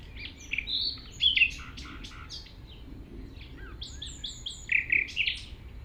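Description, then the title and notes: Common nightingale song of varied short phrases, high whistles, sharp chips and brief trills in quick bursts. Singing in tall grass at Chindrieux, France, approached on foot by the recordist; deaf to outside noise while singing. "195 Rue de Vars, 73310 Chindrieux, France - approche d'un rossignol. Je marche dans les herbes hautes pour approcher un rossignol, quand il chante il est sourd aux bruits extérieurs"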